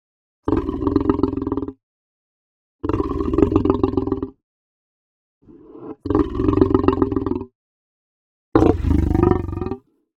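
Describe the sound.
Lion giving four rasping, throaty snarls, each one to two seconds long with short silent gaps between, the last one harsher and more explosive.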